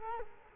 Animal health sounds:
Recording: mosquito wingbeat signal from an infrared sensor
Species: Culex quinquefasciatus

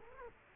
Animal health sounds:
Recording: mosquito wingbeat signal from an infrared sensor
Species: Culex quinquefasciatus

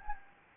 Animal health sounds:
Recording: mosquito wingbeat signal from an infrared sensor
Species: Anopheles gambiae

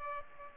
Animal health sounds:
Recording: mosquito wingbeat signal from an infrared sensor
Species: Aedes aegypti

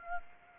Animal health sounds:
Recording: mosquito wingbeat signal from an infrared sensor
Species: Aedes aegypti

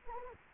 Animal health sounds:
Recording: mosquito wingbeat signal from an infrared sensor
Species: Anopheles gambiae

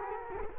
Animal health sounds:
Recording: mosquito wingbeat signal from an infrared sensor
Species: Culex quinquefasciatus

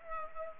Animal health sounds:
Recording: mosquito wingbeat signal from an infrared sensor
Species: Culex pipiens

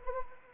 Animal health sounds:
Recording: mosquito wingbeat signal from an infrared sensor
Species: Anopheles arabiensis

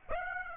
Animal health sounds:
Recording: mosquito wingbeat signal from an infrared sensor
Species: Aedes aegypti

